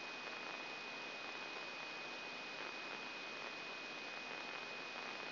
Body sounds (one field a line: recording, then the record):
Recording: brain microelectrode recording played as sound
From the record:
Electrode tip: inside the subthalamic nucleus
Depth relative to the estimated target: -1 mm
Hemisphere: right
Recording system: AlphaMap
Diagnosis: Parkinson's disease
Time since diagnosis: 16 years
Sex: male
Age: 60 years